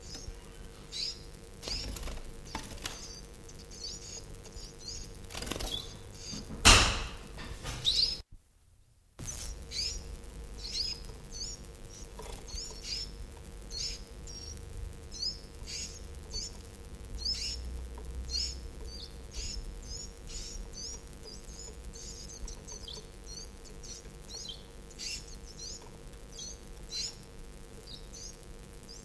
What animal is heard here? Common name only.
Iberian Chiffchaff